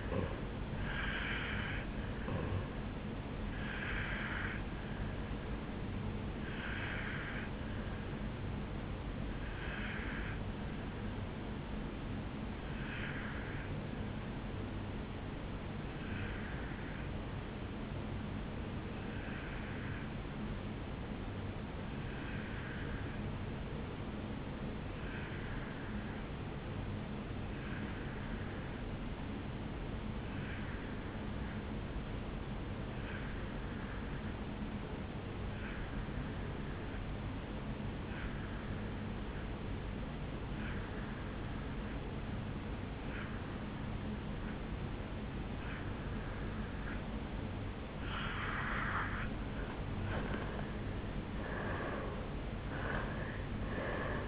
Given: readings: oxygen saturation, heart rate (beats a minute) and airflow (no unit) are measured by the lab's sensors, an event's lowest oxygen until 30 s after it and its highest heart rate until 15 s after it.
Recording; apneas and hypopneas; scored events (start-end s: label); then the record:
breathing in sleep by a voice recorder at the bedside; 1
7.00-50.20 s: hypopnea (N2, oxygen 94% highest, then 83% lowest, heart rate 73 at the start, 78 highest)
From the record:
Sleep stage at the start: N2 (light sleep); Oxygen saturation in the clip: 84 to 94%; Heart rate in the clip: 59 to 78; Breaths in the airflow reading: 14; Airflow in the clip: -12.4 to 8.4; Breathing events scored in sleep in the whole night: 449 in 7.0 hours asleep